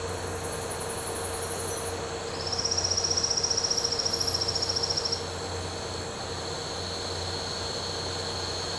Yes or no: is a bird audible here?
yes